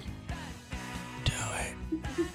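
A single sharp, explosive burst of air sounds about halfway through, set against a steady low studio hum and faint breathy noise. It is one sneeze from an adult man.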